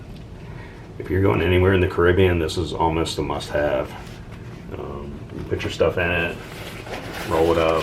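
Someone talks while the top of a large waterproof dry bag, a discontinued model made by Gecko Brands, is rolled down with the roll-top closure buckle in hand. Brief handling sounds come through between the words around 4.7 and 5.3 seconds. The clip ends before the buckle is clipped shut, so nothing has seated or clicked yet.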